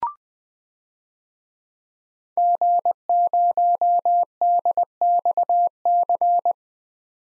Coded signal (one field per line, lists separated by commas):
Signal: Morse code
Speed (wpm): 20 wpm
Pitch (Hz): 700 Hz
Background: none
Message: G0DXC